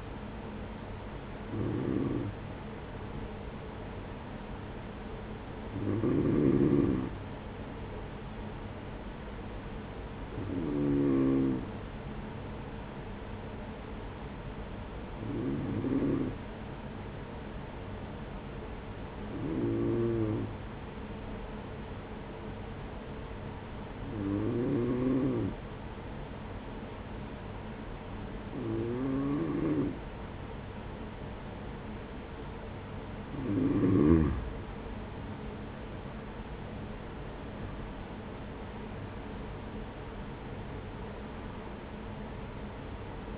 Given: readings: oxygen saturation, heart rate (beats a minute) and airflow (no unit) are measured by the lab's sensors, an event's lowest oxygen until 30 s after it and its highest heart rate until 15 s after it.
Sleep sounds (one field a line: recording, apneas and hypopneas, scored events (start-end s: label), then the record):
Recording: breathing in sleep by a voice recorder at the bedside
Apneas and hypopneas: 1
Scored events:
9.00-33.00 s: hypopnea (N2, oxygen 95% highest, then 92% lowest, heart rate 43 at the start, 53 highest)
32.00-43.38 s: new sleep stage, N1 (lightest sleep)
From the record:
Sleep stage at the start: N2 (light sleep)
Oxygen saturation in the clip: 92 to 95%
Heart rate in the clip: 43 to 53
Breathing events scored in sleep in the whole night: 210 in 6.9 hours asleep